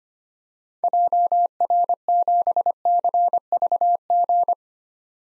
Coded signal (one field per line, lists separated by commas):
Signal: Morse code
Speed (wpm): 25 wpm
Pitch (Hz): 700 Hz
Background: none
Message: JR7CVG